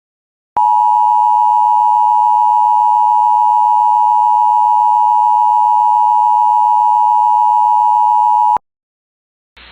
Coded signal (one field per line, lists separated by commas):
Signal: Emergency Alert System (SAME) tones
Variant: 853 and 960 Hz attention tone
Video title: KY RWT EAS #178